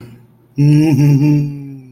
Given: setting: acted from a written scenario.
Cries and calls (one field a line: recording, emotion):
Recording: vocal sound without words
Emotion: amusement